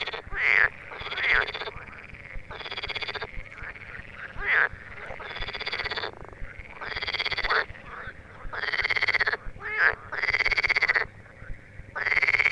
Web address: teichfrosch. rufen jetzt die froesche im taevsmoor